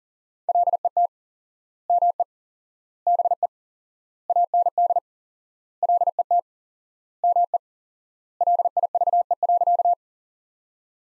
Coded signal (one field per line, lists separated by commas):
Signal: Morse code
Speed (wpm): 40 wpm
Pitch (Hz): 700 Hz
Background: none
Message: LET ME BE AND LET ME LIVE.